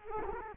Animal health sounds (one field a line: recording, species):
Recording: mosquito wingbeat signal from an infrared sensor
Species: Culex quinquefasciatus